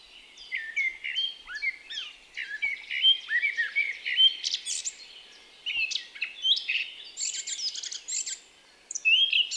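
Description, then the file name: Eurasian blackcap delivering bursts of twittering and squeaky whistled notes separated by short pauses. "Sylvia atricapilla"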